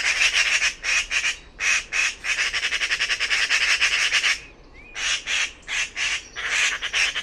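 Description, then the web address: Bird calling in rough, rasping pulses in rapid bursts, a brief pause with a faint rising whistle, then shorter separated call groups. "cianscape birddata Deverinetal"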